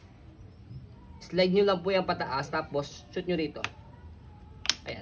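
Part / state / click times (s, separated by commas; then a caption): side fold lock latching on a folded stroller frame / seated / 4.7 s. Someone talks while the side fold lock on a folded Nuna Tavo stroller frame is slid up and pushed into its catch after the stroller is folded forward. A sharp click sounds at 4.7 s, followed by a softer tap, and the lock snaps shut and is seated.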